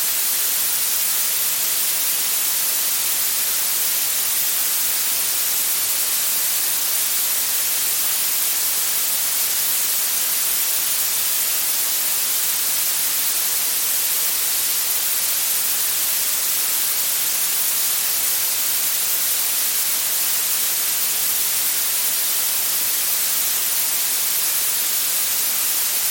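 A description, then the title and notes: Blue noise plays as a steady, dense hiss, bright and sharp at the top with little low end, unchanging throughout without any breaks. The mesmerizing sounds of blue noise. The high frequencies, similar to violet noise, are delicate and gentle, reminiscent of the constant hiss of a waterfall. The most remarkable aspect of blue noise is that no single frequency dominates, nor is there any pattern that my mind can discern.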